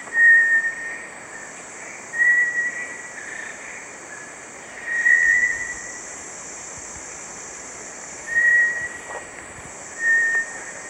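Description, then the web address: Bartlett's tinamou giving a few short, clear whistles at irregular intervals against a constant high-pitched insect hiss. Ecuador. "S America Birds of Ecuador. Bartlett's Tinamou"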